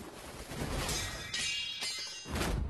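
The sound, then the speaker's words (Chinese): A precious sword clashes against a silver-bone whip in a series of harsh, metallic crashing bursts, bright and ringing, spread over a few seconds with no talking, until the sword is knocked flying. “所以这鞭和这剑碰在了一起，嘡嘡啷啷啷啷啷啷扔，这宝剑给震飞了。”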